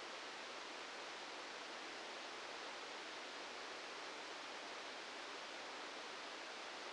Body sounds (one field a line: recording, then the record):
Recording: brain microelectrode recording played as sound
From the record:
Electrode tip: outside the subthalamic nucleus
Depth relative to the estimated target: -6 mm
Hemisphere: right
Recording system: NeuroSet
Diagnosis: Parkinson's disease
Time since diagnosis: 13 years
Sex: male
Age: 66 years